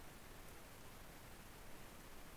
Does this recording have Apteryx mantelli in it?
no